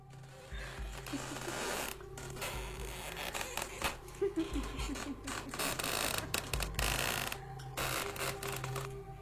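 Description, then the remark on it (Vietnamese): A rope tied to a house's crossbeam creaks over and over under a heavy swinging weight, a steady run of scratchy, rasping strains with a few higher squeaks mixed in, fairly quiet and continuous throughout. “Lẫn trong đó, cảm giác cậu Tẩy nghe thấy tiếng kẽo cả kẽo kẹt, cứ như là ai buộc một sợi dây thừng ở trên xà ngang nhà, treo một vật nặng đu qua đu lại.”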